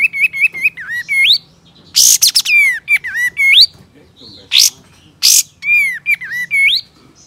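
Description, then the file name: Sooty-headed Bulbul song: rapid repeated whistled notes and looping rising phrases, broken by loud harsh bursts. Male. "suara burung kapas tembak jantan"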